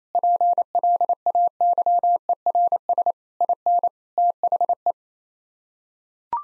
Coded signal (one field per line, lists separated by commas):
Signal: Morse code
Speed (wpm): 28 wpm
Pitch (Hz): 700 Hz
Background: none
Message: PLAYERS IN THE